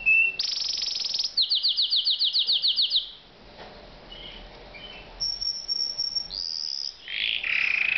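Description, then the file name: Canary song opening with fast rolling trills and a run of repeated notes, then a brief pause before higher trills and a loud whistled phrase. "Uccello Canarino"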